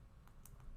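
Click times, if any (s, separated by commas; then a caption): 0.5 s. A small rectangular push button is pushed with some force into its mounting hole in a project panel. A faint tick at 0.3 s leads to a sharp click at 0.5 s, followed by a softer tick at 0.6 s. The button clicks into place and is seated.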